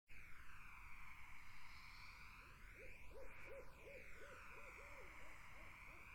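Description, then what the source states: Barred owl giving a quick run of about ten short hoots in the second half, set against a constant buzzing insect chorus and a swirling, sweeping hiss. Barred owls in a summer wetland; 8D audio.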